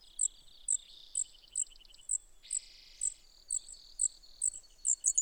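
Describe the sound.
Brewer's sparrow song with short trills and a coarse buzz, among sharp high chips repeated about twice a second.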